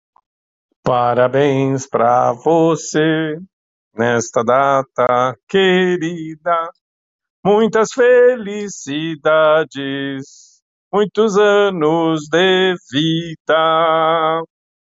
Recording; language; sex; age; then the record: short text; Brazilian Portuguese; male; 50 to 59 years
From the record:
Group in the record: control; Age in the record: 58 years